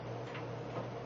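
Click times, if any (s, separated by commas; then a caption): none. The male end of a quick-release tubing fitting is pushed toward the female fitting on the tubing of an electrophoresis gel box. Only a steady low hum and soft handling rustles are heard, with faint bumps near 0.4 and 0.8 seconds. Nothing has seated or clicked yet.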